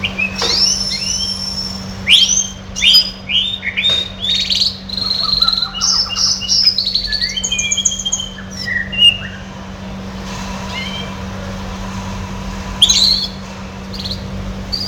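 Red siskin song: rapid bursts of bright chirps, rising and falling whistles and buzzy trills, then quieter notes over a constant low hum.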